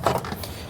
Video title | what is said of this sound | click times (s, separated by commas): Black Market Parts' N54/N55 Port Injection Kit - Part 1: Injector Rail - Installation Guide | we pull until it clicks once | 0.1 s